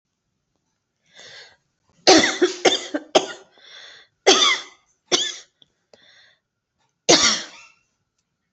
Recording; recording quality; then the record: heavy voluntary cough; excellent, no background noise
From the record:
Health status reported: COVID-19 positive, mild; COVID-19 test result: positive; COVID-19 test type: RT-PCR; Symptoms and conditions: cough, cold, sore throat, fever, fatigue, muscle pain, diabetes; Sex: female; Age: 49 years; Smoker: no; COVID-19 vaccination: both doses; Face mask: worn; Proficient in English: yes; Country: India